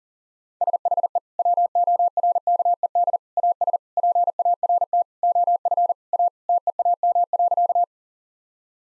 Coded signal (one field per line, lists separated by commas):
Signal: Morse code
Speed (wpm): 40 wpm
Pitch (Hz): 700 Hz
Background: none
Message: SHE WORKED AS PART OF A TEAM.